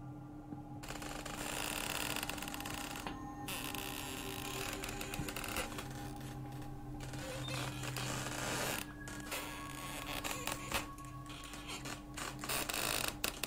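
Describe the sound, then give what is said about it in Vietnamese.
A door is slowly pushed aside by a young man, sliding open with a long, grinding creak, steady scraping layered with thin squealing tones, turning into uneven rattles and clicks near the end. No one speaks. “Cánh cửa từ từ kéo sang một bên, vang lên những tiếng ken két ghê rợn.”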